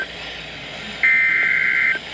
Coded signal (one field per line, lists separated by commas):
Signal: Emergency Alert System (SAME) tones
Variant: header bursts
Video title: EAS #122 Severe Thunderstorm Warning For My county